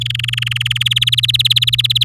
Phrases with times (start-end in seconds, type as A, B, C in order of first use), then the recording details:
0.01-0.83 A, 0.85-2.04 B. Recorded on 9 May 2018 at 11:47. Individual llb16